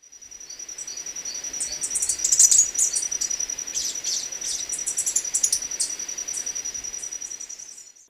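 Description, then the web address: Three-striped warbler calls, a dense series of high, thin chips and twitters, with a steady high-pitched whine running throughout. Recorded in Ecuador. "Natures Songs S America Birds of Ecuador Three-striped Warbler"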